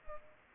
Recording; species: mosquito wingbeat signal from an infrared sensor; Culex pipiens